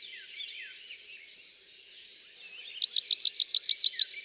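Bachman's sparrow song: soft twittering, then a clear, sustained whistle giving way to a quick trill of repeated notes.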